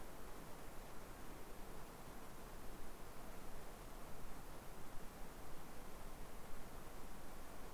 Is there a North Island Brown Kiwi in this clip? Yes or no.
no